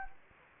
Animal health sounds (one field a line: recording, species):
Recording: mosquito wingbeat signal from an infrared sensor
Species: Anopheles gambiae